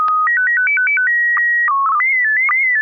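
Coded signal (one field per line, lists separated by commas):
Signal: SSTV (slow-scan television)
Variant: PD 120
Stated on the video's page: SSTV net on a 441.300 MHz FM repeater in Sacramento, California, sent with MMSSTV software.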